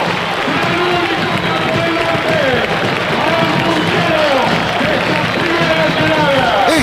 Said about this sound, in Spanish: Y los aplausos, escuchen.